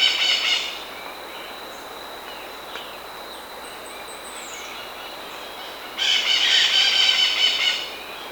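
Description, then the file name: Bird calls, a short harsh buzzy rattle at the start and a longer one near the end, with a quiet stretch between. "SABIOD 50 bird 2015"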